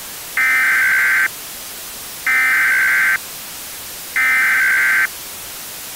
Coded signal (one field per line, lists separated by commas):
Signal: Emergency Alert System (SAME) tones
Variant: header bursts